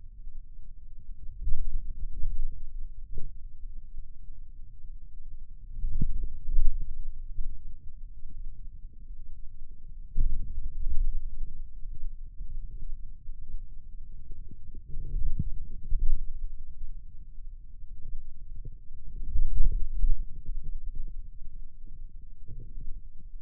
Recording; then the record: forearm muscle sounds (acoustic myography)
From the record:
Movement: wrist extension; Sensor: system 2, bracelet of six BSWA MPA416 microphones around the upper forearm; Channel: 2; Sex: male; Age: 22 years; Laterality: right